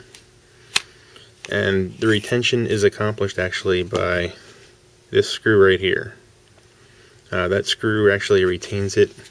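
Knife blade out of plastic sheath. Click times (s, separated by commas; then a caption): 0.8 s. An M-Tech Bear Claw neck knife is pulled out of its tight plastic sheath, which holds the blade against strong screw-set retention and is hard to pull out. A loud, sharp snap at 0.8 s marks the blade popping free and releasing. Afterwards someone talks.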